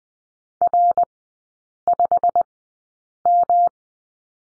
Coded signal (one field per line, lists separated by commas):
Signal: Morse code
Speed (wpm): 20 wpm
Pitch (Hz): 700 Hz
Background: none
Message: R5M